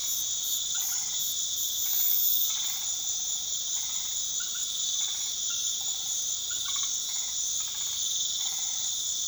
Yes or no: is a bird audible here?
no